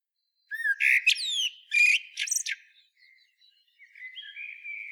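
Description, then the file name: Common blackbird song: one fluted warbling phrase sliding into shrill squeaky twitters, followed by quiet, subdued warbled notes. "Turdus merula"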